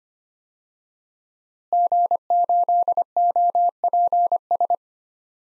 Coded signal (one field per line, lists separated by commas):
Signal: Morse code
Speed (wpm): 25 wpm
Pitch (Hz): 700 Hz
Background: none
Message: G8OPS